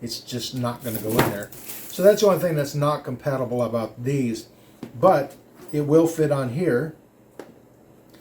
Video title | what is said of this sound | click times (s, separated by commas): Kore Essentials - High Quality Gun Belt - EDC Gun Belt | and they just slide right in there and you can hear the little clicks on it | 7.4 s